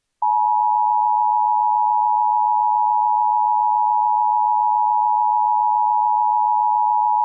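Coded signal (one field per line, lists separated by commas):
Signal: Emergency Alert System (SAME) tones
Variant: 853 and 960 Hz attention tone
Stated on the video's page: Simulated EAS tones in a fictional "Lost in Silence" style emergency alert scenario.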